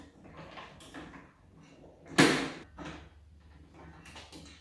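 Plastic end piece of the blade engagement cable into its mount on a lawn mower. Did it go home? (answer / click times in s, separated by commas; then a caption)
yes / 2.2 s. On a Toro TimeMaster 30-inch lawn mower, the plastic end piece of a replacement blade engagement cable is twisted into place and clipped under its mount. Quiet handling rustles lead up to a sharp snap at 2.2 s as the piece seats, followed by a softer knock at 2.8 s.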